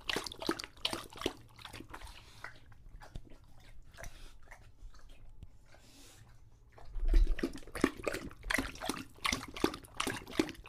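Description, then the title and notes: English Bulldog lapping water, then a quiet stretch of breathing, then a thump and renewed vigorous slurping. Male English Bulldog named Lucho drinking from a water bowl after a long walk, breathing heavily between drinks because he is out of breath. "English Bulldog Drinks from Water Bowl - Weird Sounds. listen to Lucho the English Bulldog as he tries to drink water after a long walk. Don't let his heavy breathing fool you in between drinks, he's equally out of breath from the walk"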